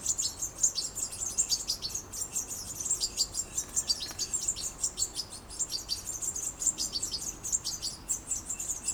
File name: Carduelis carduelis